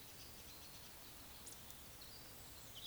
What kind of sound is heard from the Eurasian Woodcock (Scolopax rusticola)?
whistle